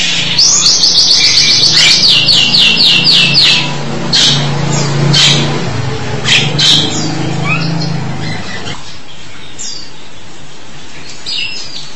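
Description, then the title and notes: Starling sending out a fast run of repeated whistled notes, then scattered clicks and squeaks, over a steady low hum that stops later on. "suara burung jalak"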